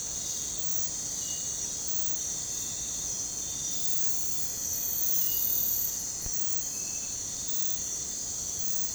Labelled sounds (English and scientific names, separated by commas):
none